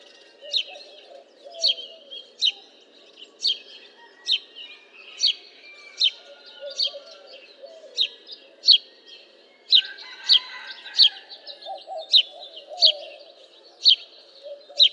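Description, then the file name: House sparrow chirps repeated steadily about every half to one second, with softer lower sounds behind. "Passer domesticus"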